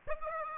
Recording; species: mosquito wingbeat signal from an infrared sensor; Aedes aegypti